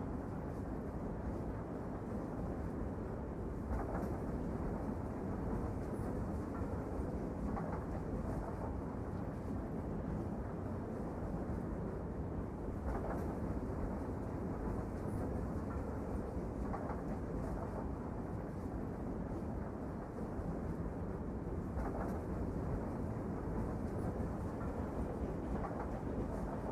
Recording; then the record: background sound without coughing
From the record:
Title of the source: Train Ride Ambience ambient white noise for sleeping, focus, studying, reading